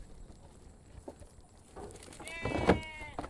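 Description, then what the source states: Sheep bleating: one nasal bleat over background rumble and shuffling noises. Sheep reluctant to hop into the back of a Chrysler minivan while being loaded for transport to new farmland.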